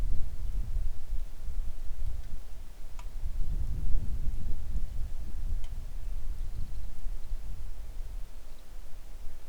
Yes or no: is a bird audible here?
yes